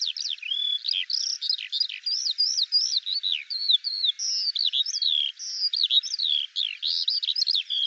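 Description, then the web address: Eurasian skylark song made of rapid chirping phrases, with quick rising and falling slurs poured out in a steady flowing stream. "Deverinetal 2025 File cleaned normalized Bird Al Ar"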